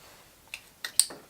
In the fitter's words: You're going to hear it click,